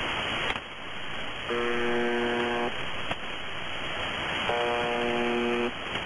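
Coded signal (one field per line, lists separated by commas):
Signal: channel marker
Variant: UVB-76 (The Buzzer)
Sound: two harsh low buzzes, each about a second long, repeating roughly every three seconds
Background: radio static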